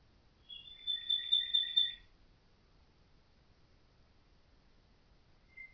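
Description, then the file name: Common nightingale song: a rapid, rattling trill of about one and a half seconds, then silence and a faint single note at the end. "Nachtigall"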